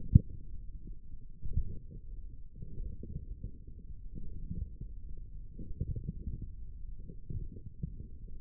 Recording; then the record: forearm muscle sounds (acoustic myography)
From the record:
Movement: forearm supination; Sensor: system 1, eight BSWA MPA416 microphones around the upper forearm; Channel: 1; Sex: male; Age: 42 years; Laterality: right